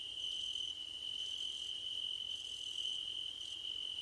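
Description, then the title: Cricket trill, even and unbroken, with faint higher chirps appearing now and then above it. Crickets at night under a starlit sky. "Nighttime Ambience with Crickets 🌃"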